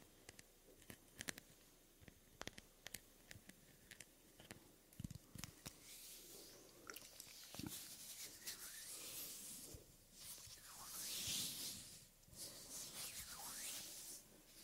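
Close, soft hand and skin sounds: a quiet scatter of light taps, clicks and brushing in the first half. After about six seconds, longer airy swishes of rubbing and movement take over, swelling and fading, loudest near eleven seconds.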